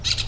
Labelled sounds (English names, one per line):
Brown-throated Parakeet contact call